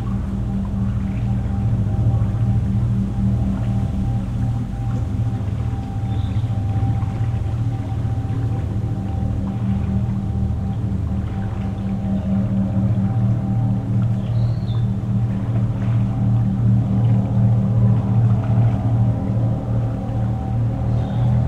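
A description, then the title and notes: A boat's engine drones steadily, a deep layered hum with a faint higher whine, while small waves lap quietly along the shore. We can hear small waves along the nearby shore, but internal combustion engines dominate this otherwise quiet environment. Recorded with an Audio-Technica BP4025 stereo microphone and a Tascam DR-70D recorder.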